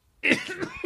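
One abrupt, harsh cough burst from an adult man, with a brief voiced tail, after a moment of silence.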